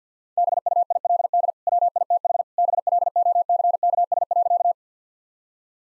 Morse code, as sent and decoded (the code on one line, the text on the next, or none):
-... ..- .. .-.. -.. / .-- .. - .... / -... .-.. --- -.-. -.- ... .-.-.-
BUILD WITH BLOCKS.